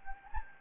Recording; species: mosquito wingbeat signal from an infrared sensor; Anopheles gambiae